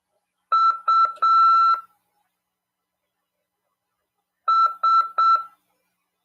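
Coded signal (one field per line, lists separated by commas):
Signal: Morse code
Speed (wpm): 7 wpm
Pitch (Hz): 1340 Hz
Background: none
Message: U S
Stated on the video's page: Amateur radio class on CW over 146.410 MHz.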